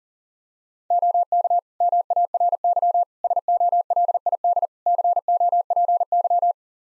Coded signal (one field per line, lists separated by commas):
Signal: Morse code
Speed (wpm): 40 wpm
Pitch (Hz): 700 Hz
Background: none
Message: OK MARY SOLID COPY